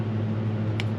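A torque wrench tightens the next bolt on an engine valvetrain over a steady low hum, with several small ticks before a loud, sharp click at 0.8 s. The click confirms the wrench has reached its torque setting.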